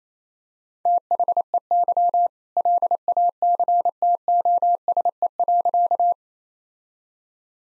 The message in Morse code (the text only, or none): THEY LACTOSE.